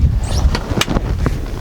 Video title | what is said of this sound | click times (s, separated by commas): New SeaFox Center Console Video Orientation | pull these out to deploy them and they lock into place | 0.8 s